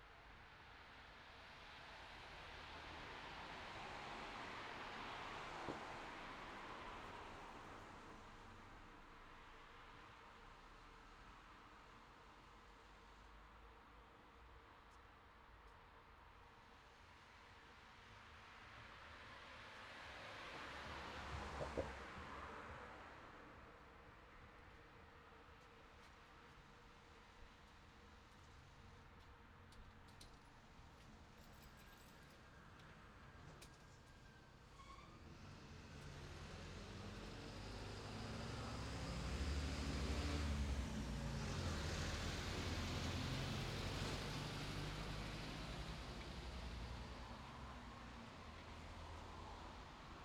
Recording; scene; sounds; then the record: everyday scene through a hearing-aid microphone; in traffic; traffic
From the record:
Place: city secondary road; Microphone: in the ear canal, left